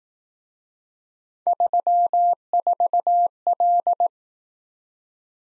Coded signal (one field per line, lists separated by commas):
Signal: Morse code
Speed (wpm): 18 wpm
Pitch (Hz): 700 Hz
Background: none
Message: 34L